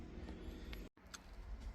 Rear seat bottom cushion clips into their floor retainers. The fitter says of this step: right, push down hard till you hear it click.